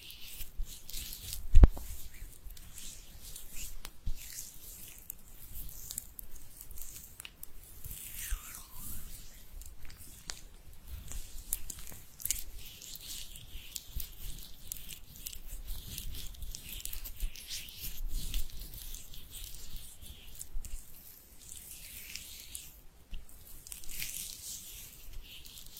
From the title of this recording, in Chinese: 搓手手